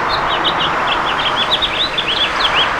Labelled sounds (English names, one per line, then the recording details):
House Finch song
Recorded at Babylon on Long Island, New York, on 18 May 2013
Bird F